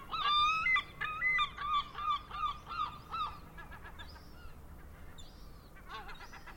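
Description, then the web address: Gull calls, a run of harsh, harmonic yelping notes about three per second, then fainter scattered cries and higher squeals over low background noise. Coastal village. "seagull coastal village"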